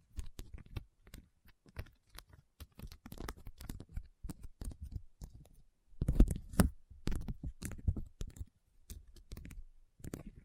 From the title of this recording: RHINESTONE Tapping & Scratching Sounds